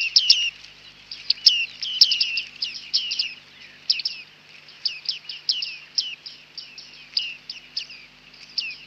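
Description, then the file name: Bearded reedling calling, a busy stream of loud, ringing pings that drop in pitch, in repeated bursts throughout. "Bearded Tit (Panurus biarmicus)"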